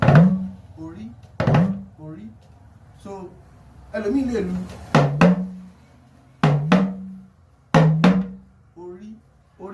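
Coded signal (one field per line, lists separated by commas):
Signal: talking drum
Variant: Yoruba dùndún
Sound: hollow low drum strokes whose pitch slides up and down like speech tones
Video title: YORUBA TALKING DRUM CORRECTION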